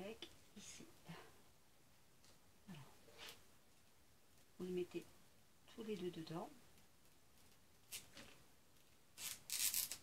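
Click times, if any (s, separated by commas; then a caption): 9.5 s, 9.9 s. While someone talks, a plastic joint connector is pushed into the frame of a DIY rolling cart, giving sharp clicks at 9.5 s and 9.9 s. The connector is seated in the cart frame.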